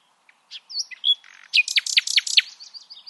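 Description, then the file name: Common nightingale song beginning with soft scattered whistles and a clear slurred note, then a series of loud, rapid downward-sweeping notes repeated several times. "Luscinia megarhynchos"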